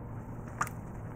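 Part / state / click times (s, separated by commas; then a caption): suspension thrust bearing on strut top mount / released / 0.6 s. A press-fit steel suspension thrust bearing is worked off an OE BMW strut top mount against a steady low background hum. It pops free with a single sharp click at 0.6 s, releasing the bearing from the top mount.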